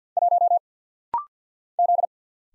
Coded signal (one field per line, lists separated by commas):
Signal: Morse code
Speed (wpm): 50 wpm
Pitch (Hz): 700 Hz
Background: none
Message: 1 Z